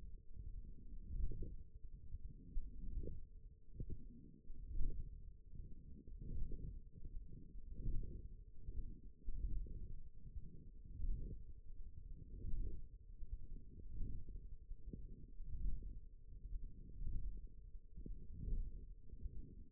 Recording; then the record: forearm muscle sounds (acoustic myography)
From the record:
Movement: wrist extension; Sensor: system 1, eight BSWA MPA416 microphones around the upper forearm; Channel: 1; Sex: female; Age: 20 years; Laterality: right